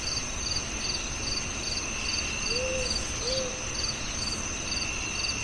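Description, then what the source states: Steady pulsed cricket chirps repeating quickly over an unbroken high buzz, with two gentle hoots from an owl in the middle. At night, with owls.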